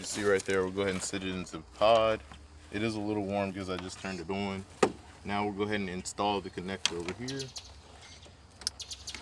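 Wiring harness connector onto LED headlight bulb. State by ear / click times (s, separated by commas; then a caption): seated / 8.7 s. Someone talks while setting a 2018 Toyota RAV4's LED headlight bulb, still a little warm from just being turned on, into its pod, then pushes the wiring harness connector onto the bulb. A sharp snap is heard at 8.7 s as the connector clicks into place, seated.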